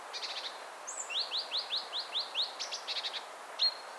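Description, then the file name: European robin calls: a quick run of several rising chirps near the middle, framed by sharp high ticks and a thin whistle at the end. "Erithacus rubecula"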